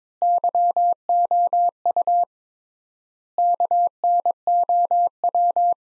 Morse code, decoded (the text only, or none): YOU KNOW